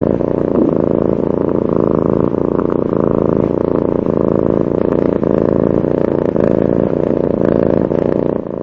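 Cat purring in a steady, continuous low rumble that holds evenly for the whole stretch without pauses.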